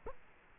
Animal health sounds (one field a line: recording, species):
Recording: mosquito wingbeat signal from an infrared sensor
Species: Culex quinquefasciatus